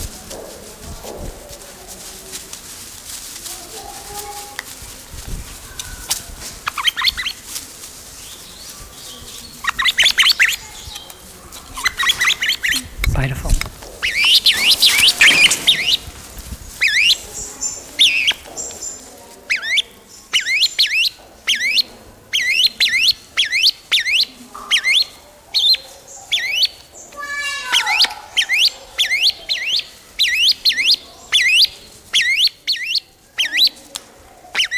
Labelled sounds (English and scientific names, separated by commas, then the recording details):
Grey-winged Trumpeter (Psophia crepitans)
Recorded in captivity
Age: adult
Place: Zoo Berlin, Berlin, DE
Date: 1999-09-04 15:11
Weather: sunny, 24°C
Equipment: Sony WM-D6C, Sennheiser ME 80, Kopie Uher 4000 Report Monitor
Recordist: Tembrock, Günter